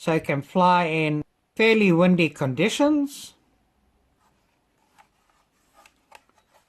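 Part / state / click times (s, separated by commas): folding drone arm into its hinge lock on the drone body / seated / 5.9 s, 6.2 s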